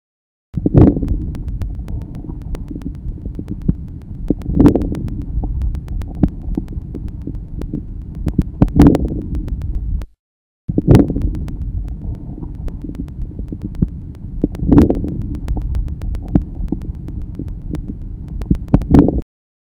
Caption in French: Crépitants de début d'inspiration. Ils sont peu nombreux et localisés au début de l'inspiration. Ils sont caractéristiques d'une obstruction bronchique sévère.